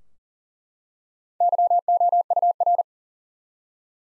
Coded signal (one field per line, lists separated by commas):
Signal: Morse code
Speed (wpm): 40 wpm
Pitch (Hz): 700 Hz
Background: none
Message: YOUR